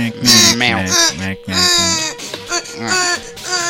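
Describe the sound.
An adult voice imitates baby babble, a run of quick, repeated nonsense syllables in a sing-song, fairly loud tone, with one brief pause partway through.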